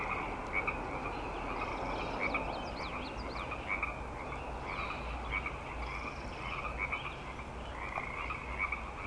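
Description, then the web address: Frogs croaking together in a busy chorus, louder calls popping out every second or two, with faint high chirping sounds above. Frog chorus on Grafton Lake, recorded 3 May 2009. "The Frog Chorus Tunes Up On Grafton Lake frogs edit 090503"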